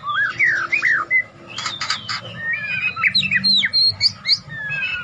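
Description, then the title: White-rumped shama song: varied whistled slurs and harsh buzzy bursts mixed with rapid rising notes, delivered in quick uneven phrases. Long training recording for cage birds; song full of varied inserted phrases with harsh bursts, easy to imitate. "Murai Batu Full Isian Tembakan Kasar Gampang Di Tiru"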